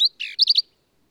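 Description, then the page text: Black-capped Vireo song: a single brief phrase of sharp high notes, a buzzy burred middle and three quick chirps, then silence. Male, believed same individual throughout; endangered per U.S. Fish and Wildlife Service; phrases sung alone, truncated, embellished or run together, lively and emphatic; Kerr Wildlife Management Area, Hunt, Texas hill country. "Birdsong for the Curious Naturalist. Black-capped vireo"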